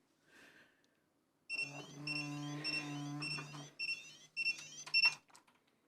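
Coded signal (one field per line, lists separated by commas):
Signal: pager alert tone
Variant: Alphapoc pager alert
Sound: bright electronic chirpy beep melody, quick rising note runs repeated several times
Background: low electrical hum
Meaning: The pager has received a new message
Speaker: that's the message sent from the radio so a bit of trial and error it does work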